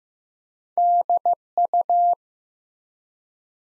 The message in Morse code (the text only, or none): DU